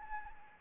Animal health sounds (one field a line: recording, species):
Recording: mosquito wingbeat signal from an infrared sensor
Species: Anopheles arabiensis